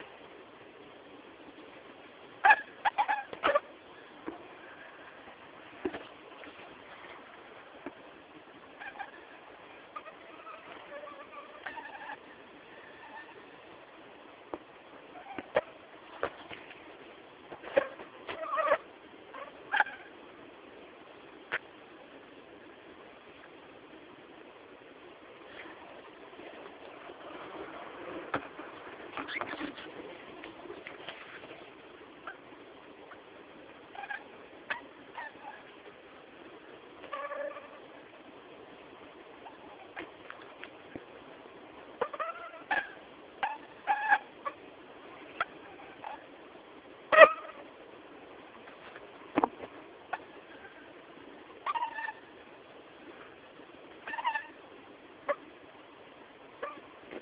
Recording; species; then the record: mosquito flight sound by mobile phone; Anopheles stephensi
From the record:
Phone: Samsung T209